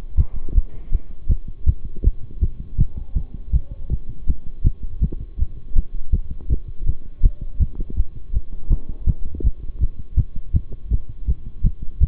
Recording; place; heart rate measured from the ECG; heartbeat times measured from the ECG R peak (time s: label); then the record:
heart sounds by stethoscope; between the tricuspid and mitral areas; 162 bpm
0.17 s: heartbeat
0.55 s: heartbeat
0.92 s: heartbeat
1.29 s: heartbeat
1.66 s: heartbeat
2.04 s: heartbeat
2.41 s: heartbeat
2.78 s: heartbeat
3.15 s: heartbeat
3.53 s: heartbeat
3.90 s: heartbeat
4.27 s: heartbeat
4.64 s: heartbeat
5.01 s: heartbeat
5.39 s: heartbeat
5.76 s: heartbeat
6.12 s: heartbeat
6.49 s: heartbeat
6.86 s: heartbeat
7.23 s: heartbeat
7.60 s: heartbeat
7.97 s: heartbeat
8.34 s: heartbeat
8.70 s: heartbeat
9.07 s: heartbeat
9.44 s: heartbeat
9.81 s: heartbeat
10.17 s: heartbeat
10.54 s: heartbeat
10.91 s: heartbeat
11.28 s: heartbeat
11.64 s: heartbeat
12.01 s: heartbeat
From the record:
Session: bicycle stress test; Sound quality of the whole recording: good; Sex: male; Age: 23 years